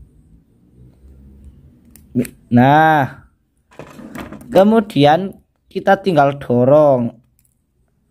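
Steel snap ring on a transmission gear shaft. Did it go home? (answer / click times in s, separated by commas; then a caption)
no / none. A steel retaining ring (circlip) is handled on a motorcycle transmission gear shaft for a Supra X 125, Karisma or Kirana gearbox, made ready to be pushed along until it snaps into its groove. Someone talks over faint, quiet handling noises and a few small taps near the end. The ring has not seated or clicked yet.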